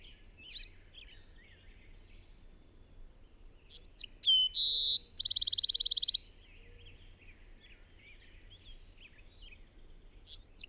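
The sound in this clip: Bird song: isolated high chirps, then a short phrase of rising whistles ending in a long, buzzy, fast trill, followed by more scattered chirps.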